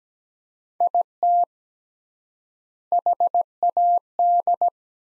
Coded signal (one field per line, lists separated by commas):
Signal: Morse code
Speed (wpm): 17 wpm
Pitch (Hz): 700 Hz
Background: none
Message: IT HAD